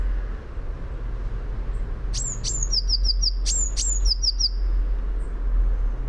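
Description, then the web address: Eurasian blue tit singing: two phrases, each of two high, thin notes followed by a quick run of lower tinkling notes, with low background rumble. "fugl b-mejse"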